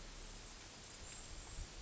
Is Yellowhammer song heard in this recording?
no